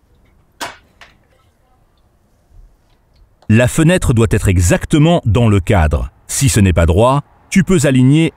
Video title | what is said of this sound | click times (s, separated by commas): Atelier brico HORNBACH - Installer une fenêtre de toit entre les chevrons | l'étrier de dans l'art est dehors et rabat la fenêtre ça s'enclenche tout seul la | 1.0 s